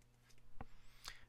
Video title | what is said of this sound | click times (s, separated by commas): Bose QC15 - QC25 - QC35 - How to Change Your Ear Pads - Dekoni Audio | pull it up and away from the ear cup and you should hear it pop separate now | 0.6 s, 1.1 s